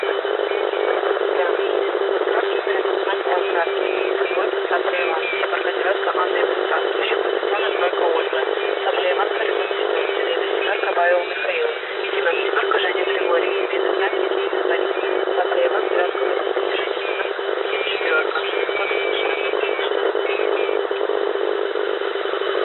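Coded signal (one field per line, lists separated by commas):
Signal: coded military voice message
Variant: The Pip, Russian voice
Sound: voice over shortwave reading letter-and-digit code groups amid radio hiss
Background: radio static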